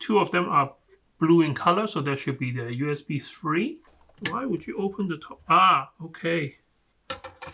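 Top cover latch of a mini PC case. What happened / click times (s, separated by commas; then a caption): The case top latch clicked open / 7.1 s. Someone talks, then at 7.1 s a button is pressed on the plastic case of an ACEPC mini PC and the top cover latch releases with a sharp click. The top of the case unlatches and opens.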